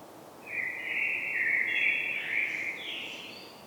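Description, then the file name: Common blackbird delivering one long flowing warbled phrase that climbs at its close into a brief high-pitched twitter; steady faint hiss underneath. "Turdus merula"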